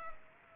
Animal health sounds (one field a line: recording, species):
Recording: mosquito wingbeat signal from an infrared sensor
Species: Culex pipiens